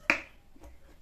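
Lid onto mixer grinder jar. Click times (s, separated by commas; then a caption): 0.1 s. The lid of a Panasonic MX-AC300-A mixer grinder jar is pressed down and locks into place with a single sharp snap at 0.1 s. The lid is confirmed locked, and only faint low noise follows.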